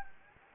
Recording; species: mosquito wingbeat signal from an infrared sensor; Anopheles gambiae